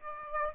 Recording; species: mosquito wingbeat signal from an infrared sensor; Aedes aegypti